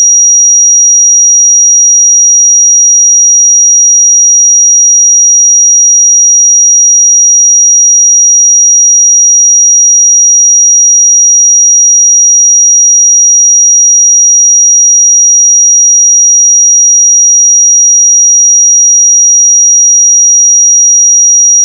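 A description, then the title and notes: A pure sine tone at 5741 Hz holds perfectly steady for the full length, with no change in pitch or level. High and thin, it sits alone against complete silence, with no other sounds around it. 5741 Hz 1 Hz Interval Sine Pure Tone Frequency 441000 Sample Mono.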